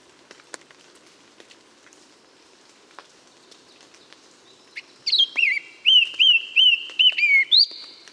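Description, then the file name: Eurasian blackcap: several seconds of near quiet, then a sudden series of loud, repeated whistled notes. "Sylvia atricapilla"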